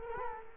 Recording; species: mosquito wingbeat signal from an infrared sensor; Culex quinquefasciatus